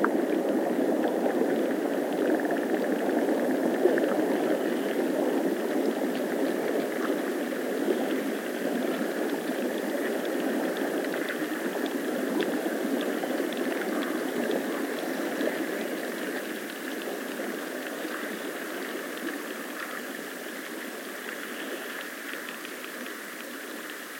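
Water of the River Allen, a chalk river in the UK, runs in a steady, dense bubbling and gurgling rush, mostly in the low-middle range with a thin brighter hiss above. The texture stays even throughout, growing slightly quieter over the final ten seconds.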